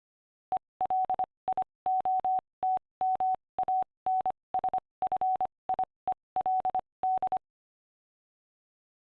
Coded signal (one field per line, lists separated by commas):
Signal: Morse code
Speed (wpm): 25 wpm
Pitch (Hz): 750 Hz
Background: none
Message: ELIOT MANSFIELD